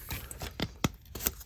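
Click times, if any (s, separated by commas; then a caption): none. During a repair of an Opteka tripod, a plastic leg-spreader arm is handled and worked into its mount on the tripod leg, producing a series of short plastic knocks and taps, the sharpest near 0.8 s and 1.3 s. The arm has not yet seated or clicked into place by the end of the clip.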